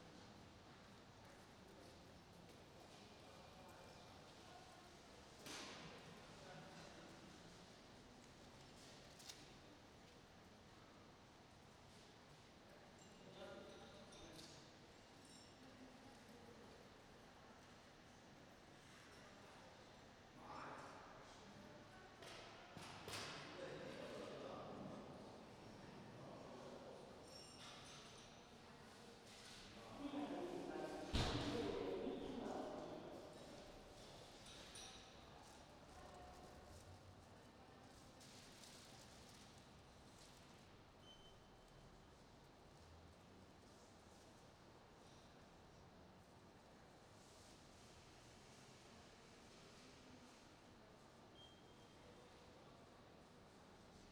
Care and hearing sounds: everyday scene through a hearing-aid microphone; reverberant space; background noise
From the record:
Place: railway station hall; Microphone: in the ear canal, right

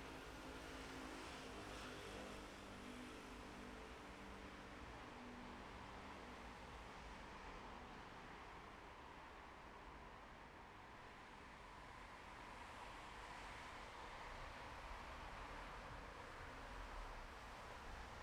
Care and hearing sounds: everyday scene through a hearing-aid microphone; in traffic; traffic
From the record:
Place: bus stop on a city main road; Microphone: behind the ear, left, front

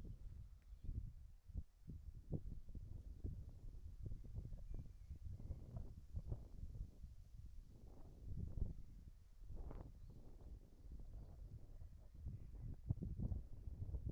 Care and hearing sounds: everyday scene through a hearing-aid microphone; wind on the microphone; wind, whistling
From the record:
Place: in front of a rural house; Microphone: behind the ear, right, front

